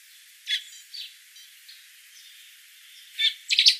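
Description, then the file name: Common blackbird calling: a few single notes early, then a loud burst of rapid notes at the end. "Turdus merula"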